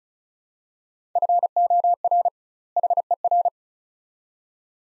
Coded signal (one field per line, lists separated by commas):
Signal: Morse code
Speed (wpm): 36 wpm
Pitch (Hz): 700 Hz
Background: none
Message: FOR HER